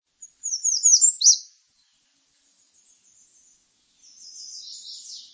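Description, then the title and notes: American redstart singing a high, lisping phrase of slurred notes, then a faint stretch and a softer, buzzier phrase near the end. "Laura Meyers Photograpy American Redstart Female"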